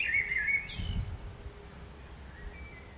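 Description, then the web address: Common blackbird giving one short fluty warble with a thin high flourish and a brief low rumble, then near quiet. "SETE Turdus merula"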